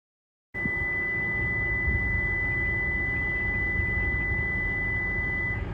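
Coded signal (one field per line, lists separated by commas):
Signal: beep code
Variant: Toyota smart key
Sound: one long continuous high beep lasting over five seconds, over low rumbling background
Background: outdoor wind or traffic rumble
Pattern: 1 long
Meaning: The key is detected inside the vehicle, so the doors are not locked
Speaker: this long beep means the key is detected inside the vehicle and therefore no doors are locked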